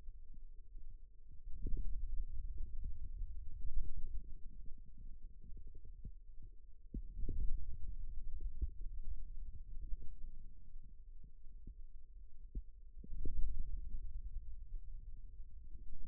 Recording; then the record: forearm muscle sounds (acoustic myography)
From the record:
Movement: ulnar deviation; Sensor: system 2, bracelet of six BSWA MPA416 microphones around the upper forearm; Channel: 5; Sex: male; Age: 22 years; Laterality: right